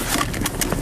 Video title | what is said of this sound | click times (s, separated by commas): Road Trip To Westminster | You can hear the click when I'm putting my seatbelt on. | 0.6 s